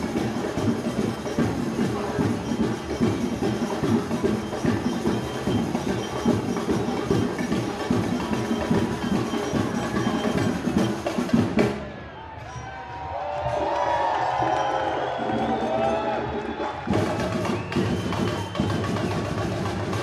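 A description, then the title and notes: A crowded street gathering hums with dense overlapping chatter, briefly thinning near twelve seconds to a quieter murmur before the loud crowd returns. Via Balilla, Rome, Italy. Via Balilla is a small street in Rome where people gather together once a year to celebrate the local community.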